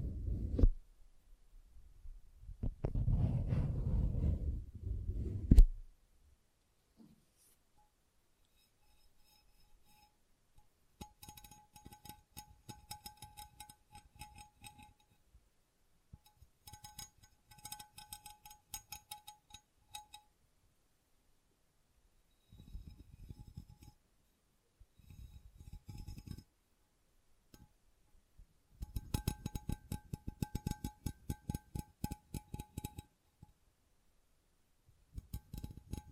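Tapping and scratching textures, opening with a few seconds of heavy, low rumbling handling that stops abruptly near six seconds. After a quiet gap, bursts of rapid, crisp tapping and scratching come and go, with small glassy clinks. A faint steady tone runs beneath the later bursts.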